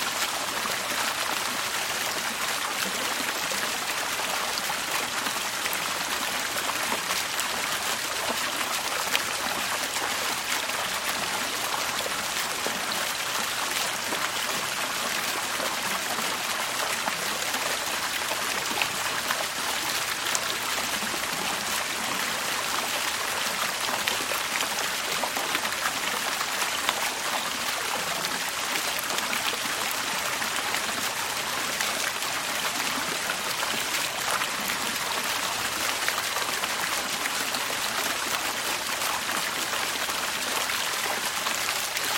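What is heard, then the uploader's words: A garden fountain splashes and trickles without pause, its water making a dense, even hiss that sits mostly in the bright upper range. The sound holds steady for the whole stretch, with faint low gurgles underneath and no other noises breaking through. Relax to the tranquil water sounds of a garden fountain.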